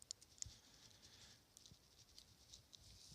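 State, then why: Not seated. A plastic battery holder is being pushed into a printed circuit board and rocked back and forth to snap it into place. Two small, sharp ticks come near 0.1 and 0.4 seconds, followed by faint scratchy patter and light clicks of plastic handling. The holder has not snapped or seated yet.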